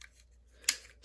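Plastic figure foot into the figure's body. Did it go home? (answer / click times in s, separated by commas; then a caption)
yes / 0.7 s. The first foot of a plastic SW-01 Shock Warrior transforming robot figure (an oversize KO of SS82 Ratchet) is rotated into the back of the body. Over a low steady hum and faint handling rustle, a sharp, bright thump-click lands at 0.7 s as the foot seats into place.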